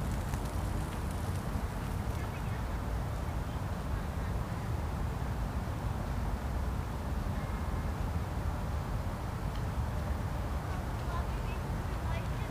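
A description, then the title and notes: An evening outdoors in a large city park, filled with a steady, dense low rumble of traffic that never lets up. Faint murmurs and small animal or bird sounds surface now and then, with a few light ticks higher up. Berlin's Tiergarten: Join Me On a Quiet Evening Stroll. Listen to the gentle sounds as people pass.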